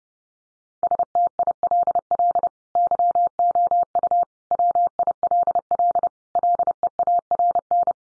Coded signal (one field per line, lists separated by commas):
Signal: Morse code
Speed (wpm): 30 wpm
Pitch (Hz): 700 Hz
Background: none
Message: STILL YOU WILL LEARN